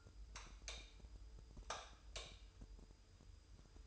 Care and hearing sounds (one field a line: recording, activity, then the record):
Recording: daily activity, microphone in the room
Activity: light off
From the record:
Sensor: 2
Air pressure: 988.2 hPa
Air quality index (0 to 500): 190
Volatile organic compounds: 181 ppm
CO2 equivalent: 4146 ppm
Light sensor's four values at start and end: 11/34/13/14 and 7/16/6/7